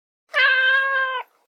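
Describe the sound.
Cat meow: one long, steady meow lasting about a second, level in pitch with rich harmonics, fading quickly at the end; otherwise silent.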